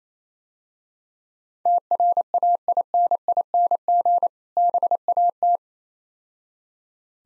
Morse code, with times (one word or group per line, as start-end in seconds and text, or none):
1.7-4.3 TRAINING
4.6-5.6 BAT